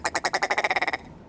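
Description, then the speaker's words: Willow ptarmigan giving a fast stuttering rattle of about a dozen pulses, lasting about a second. Chicken-sized bird of the northern tundra, known for its giddy voice. "One such is the willow ptarmigan, a chicken-sized bird of the northern tundra known for its giddy voice."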